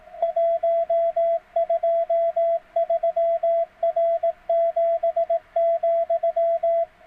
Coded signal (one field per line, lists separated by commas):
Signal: Morse code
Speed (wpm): 18 wpm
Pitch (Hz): 660 Hz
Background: radio noise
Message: 123R7,